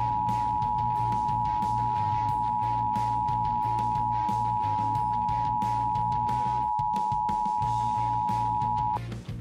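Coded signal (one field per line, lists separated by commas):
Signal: Emergency Alert System (SAME) tones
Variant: 853 and 960 Hz attention tone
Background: music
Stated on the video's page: Homemade EAS mock, a simulated alert built in audio editing software with a synthesized EAS voice.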